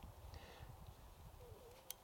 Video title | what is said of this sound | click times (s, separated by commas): Canon T4i - Using an external flash & 320EX Review | and it locks into place so it doesn't slide back out. Little lock on the back. | 1.9 s